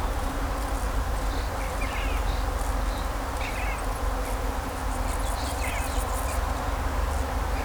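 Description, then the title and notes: Bees buzz in a constant hum while a bird gives a few short chirpy phrases, over a low rumble. Bees buzzing among grapevines in vineyards at Kallstadt, Germany, in rural countryside, with birds singing and road traffic noise in the background. "In Kallstadt summen die Bienen. In den Reben, Kallstadt, Deutschland. Natur, Weinreben, Bienen summen, Vögel singen, Fahrgeräusche von Straße, Land"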